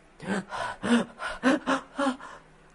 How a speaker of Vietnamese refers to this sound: Bị lấy máy thở oxy, hơi thở của Trần lão thái gia có vẻ cực kỳ dồn dập, thân mình cũng hơi run run lên, cảm giác như tùy thời sẽ tắt thở.